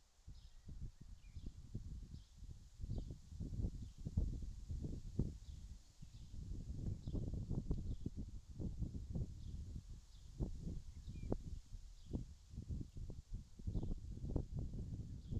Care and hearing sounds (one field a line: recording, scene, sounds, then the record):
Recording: everyday scene through a hearing-aid microphone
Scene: wind on the microphone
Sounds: wind, birds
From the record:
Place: in front of a rural house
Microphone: in the ear canal, left